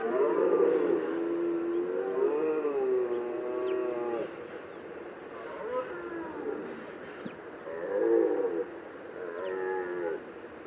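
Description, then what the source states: Red deer bellowing in long, wavering, moaning calls with stacked harmonics. Rutting bellow (brame).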